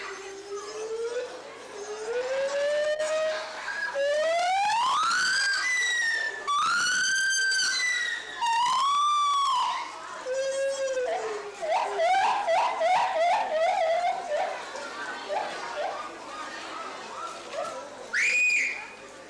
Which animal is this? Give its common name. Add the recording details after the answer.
Lar Gibbon. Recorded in captivity. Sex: diverse. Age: diverse. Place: Tiergarten Wilhelma/Stuttgart, Baden-Württemberg, DE. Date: 2004-10-03 16:50. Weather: bedeckt - heiter, 17°C. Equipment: Sony WM-D6C, Sennheiser ME 80, Kopie Uher 4000 Report Monitor. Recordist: Tembrock, Günter